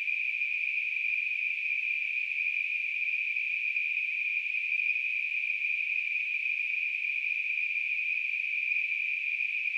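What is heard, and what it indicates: A steady, narrow band of high-pitched hissing noise holds at a constant pitch and loudness for about ten seconds, with nothing in the low range. It is a simulated tinnitus sound, imitating the continuous noise-like ringing a person with tinnitus perceives.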